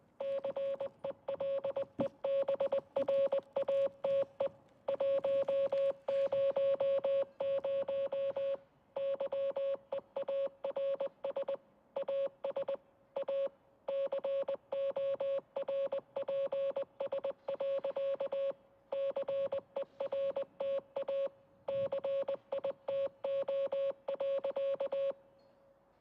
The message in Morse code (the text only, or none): CELEBRATE 100 YEARS AS A CORPS. CERTA CITO.